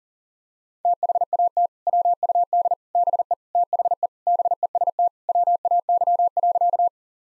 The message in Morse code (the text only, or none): THAT WUD BE THE BEST WAY.